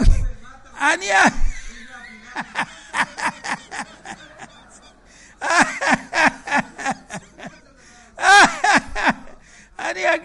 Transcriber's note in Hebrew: צוחק